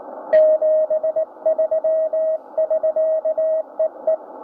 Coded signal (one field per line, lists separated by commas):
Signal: Morse code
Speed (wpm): 19 wpm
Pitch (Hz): 640 Hz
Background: radio noise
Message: 73 <SK> EE